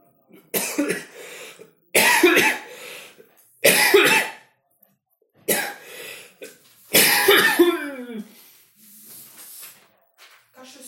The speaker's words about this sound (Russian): Кашель сухой, да? Ну, в основном мокрота была сегодня.